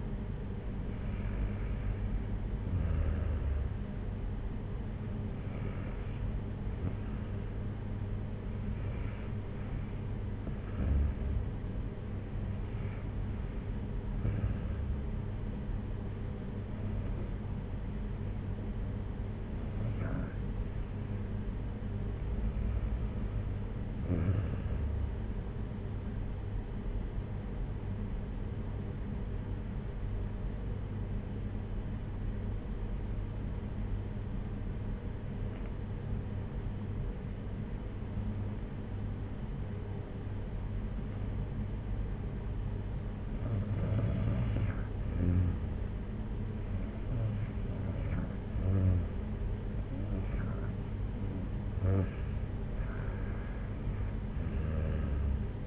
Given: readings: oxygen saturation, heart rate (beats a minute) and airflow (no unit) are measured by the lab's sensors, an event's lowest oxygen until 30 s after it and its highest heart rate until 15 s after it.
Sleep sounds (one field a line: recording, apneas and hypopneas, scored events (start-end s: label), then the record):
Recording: breathing in sleep by a smartphone at the bedside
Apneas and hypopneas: 1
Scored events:
17.00-55.67 s: new sleep stage, REM sleep
25.00-44.80 s: hypopnea (REM, oxygen 95% highest, then 90% lowest, heart rate 60 at the start, 62 highest)
From the record:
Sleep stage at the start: N2 (light sleep)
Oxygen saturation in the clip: 92 to 95%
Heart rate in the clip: 55 to 62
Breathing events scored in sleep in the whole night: 226 in 8.8 hours asleep